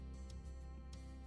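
A plastic water divider insert is pressed into a shaker bottle until it locks into place, with sharp clicks at 0.3 s and 0.9 s over steady background music. The divider is seated.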